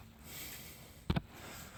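On a Kia Soul 1.6L during a crankshaft sensor replacement, a plastic wire harness retaining clip is pressed back onto its mount on an engine bracket after the wire was rerouted. Against quiet background noise, a short sharp click at 1.1 s is followed closely by a second tick, and the clip is seated.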